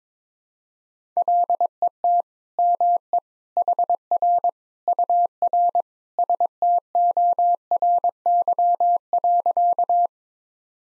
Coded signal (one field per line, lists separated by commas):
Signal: Morse code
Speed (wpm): 22 wpm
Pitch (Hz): 700 Hz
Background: none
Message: LET ME HR UR STORY.